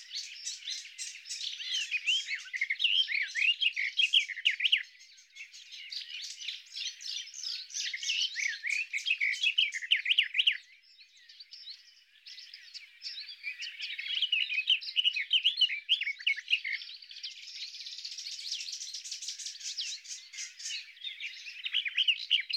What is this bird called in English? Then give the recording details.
Garden Warbler. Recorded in the wild. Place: Wasenweiler am Kaiserstuhl, Baden-Württemberg, DE. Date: 1997-05-19. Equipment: Dat-Recorder Casio DA 7, Telinga DAT, Telinga-Parabolspiegel. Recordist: Schwarz, Dieter. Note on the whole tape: Song